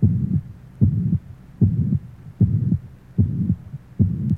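Regular beats at about 75 a minute, with a blowing murmur filling systole at the mitral area: rheumatic mitral insufficiency (mitral regurgitation) in a 33-year-old adult.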